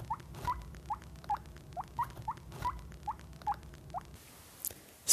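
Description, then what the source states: Guinea pig giving a series of short, squeaky, upward-sliding wheeks, followed by a brief noise at the end. Pet guinea pig named Grace wheeking while waiting to be given a vitamin; owner says this kind of call roughly means 'give us treats'.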